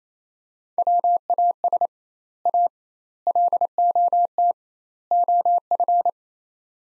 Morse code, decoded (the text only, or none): WAS A LOT OF